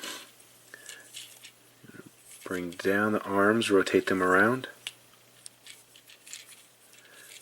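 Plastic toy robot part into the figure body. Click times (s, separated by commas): 0.7 s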